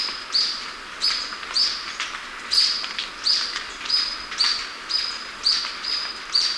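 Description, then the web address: Golden-crowned Flycatcher calling: a long series of sharp, high, squeaky notes over a steady hiss of background noise. Recorded in Ecuador. "Birds of Ecuador. Golden-crowned Flycatcher"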